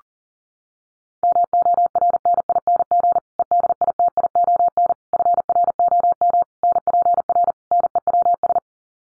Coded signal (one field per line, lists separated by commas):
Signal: Morse code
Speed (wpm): 40 wpm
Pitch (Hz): 700 Hz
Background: none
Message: MORNING EDITION FROM NPR NEWS